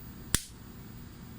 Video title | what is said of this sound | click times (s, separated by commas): GoPro Tutorial | and once that's snapped into place you kind of want to do the same thing we did previously which is align this | 0.3 s